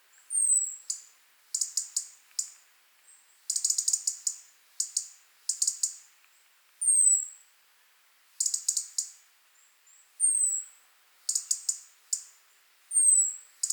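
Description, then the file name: European robin ticking in dense rapid bursts, broken by thin high whistles that slide downward, repeated throughout. "Erithacus rubecula"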